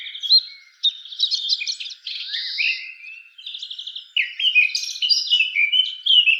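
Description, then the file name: Eurasian blackcap song mixing scratchy buzzy trills with sweeter whistled notes, delivered in lively, almost continuous phrases. "Sylvia atricapilla"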